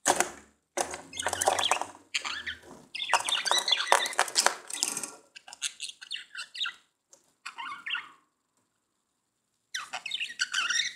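Budgerigar chatter, dense harsh squawks and warbling notes in rapid bursts, with a pause near eight seconds before the scratchy chattering resumes.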